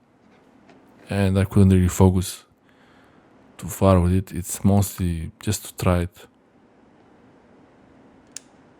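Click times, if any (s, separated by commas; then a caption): 8.4 s. Someone talks, then after a pause a camera lens is twisted onto its bayonet mount until the locking pin drops into its groove. A single sharp, loud click sounds at 8.4 s as the lens seats in the mount.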